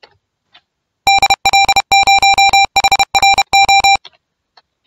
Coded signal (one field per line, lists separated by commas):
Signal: Morse code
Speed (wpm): 32 wpm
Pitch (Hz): 790 Hz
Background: music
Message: DL0HRO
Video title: RUFZ 2022 R4SBD